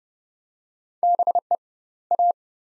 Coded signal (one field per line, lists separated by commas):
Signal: Morse code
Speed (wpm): 30 wpm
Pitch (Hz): 700 Hz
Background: none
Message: BE A